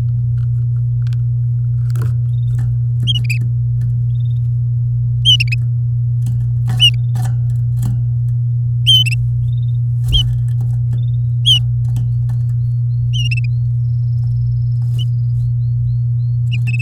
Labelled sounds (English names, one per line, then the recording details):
Domestic Canary song
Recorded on 6 May 2018 at 09:17
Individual llb16